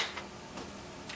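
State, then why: Seated. A hex-style high-capacity airsoft magazine is inserted into the magazine well of an ICS CXP M.A.R.S. airsoft carbine. After faint ticks of handling, a single sharp tick sounds at 1.1 s as the magazine latches and seats.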